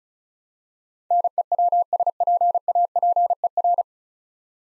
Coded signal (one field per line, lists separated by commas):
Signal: Morse code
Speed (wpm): 34 wpm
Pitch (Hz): 700 Hz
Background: none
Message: NEWSPAPER